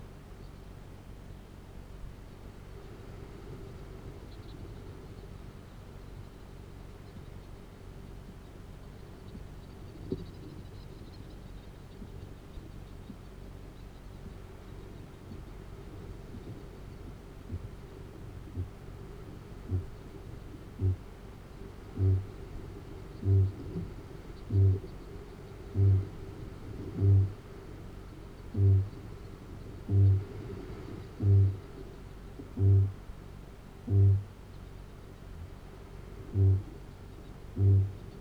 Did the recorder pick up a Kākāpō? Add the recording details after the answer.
yes. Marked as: faintness 5/5, faintness 3/5, faintness 2/5. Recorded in New Zealand. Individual Arab